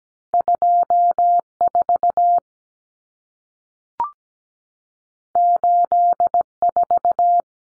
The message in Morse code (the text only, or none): 24 84